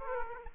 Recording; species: mosquito wingbeat signal from an infrared sensor; Aedes aegypti